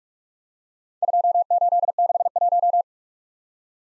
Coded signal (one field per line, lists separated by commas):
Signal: Morse code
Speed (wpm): 44 wpm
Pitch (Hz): 700 Hz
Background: none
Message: 2861